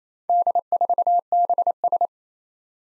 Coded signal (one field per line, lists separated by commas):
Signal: Morse code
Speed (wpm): 29 wpm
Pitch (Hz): 700 Hz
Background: none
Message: D4BS